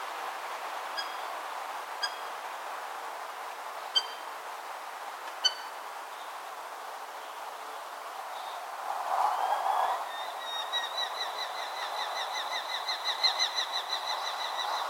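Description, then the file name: Eurasian hobby calls: a few isolated clicks early on, then a long, rapid string of high, ringing notes. "Falco subbuteo"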